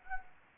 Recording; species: mosquito wingbeat signal from an infrared sensor; Anopheles gambiae